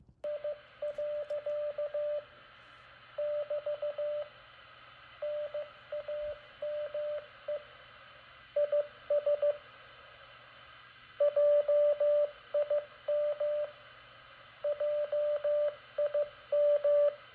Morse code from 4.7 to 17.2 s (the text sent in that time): NAME IS JIM JIM